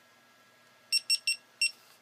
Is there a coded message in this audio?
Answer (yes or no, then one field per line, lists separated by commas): no